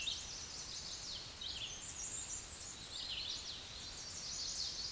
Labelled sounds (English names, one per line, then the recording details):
Red-eyed Vireo song
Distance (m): 30 m
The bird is about 10 m above the microphone
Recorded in a Pennsylvania forest on 16 May 2024 at 08:10
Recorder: AudioMoth, point MSD-1892
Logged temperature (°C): 14.5 °C
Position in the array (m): 114 m, 74 m